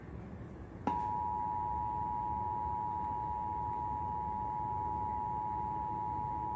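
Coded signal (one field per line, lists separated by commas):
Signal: Emergency Alert System (SAME) tones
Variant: 853 and 960 Hz attention tone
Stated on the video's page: Required Monthly Test originated from an AM station and relayed to all Iowa radio and TV stations.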